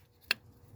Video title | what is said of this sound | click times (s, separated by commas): 2011 Ram 2500 5.7 Hemi Eagle Engine Install & 1st Start after Rebuild. #automobile #diy | And you should hear a click. And when you pull it, it shouldn't come out. | 0.3 s